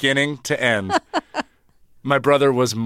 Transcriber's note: soundbite of laughter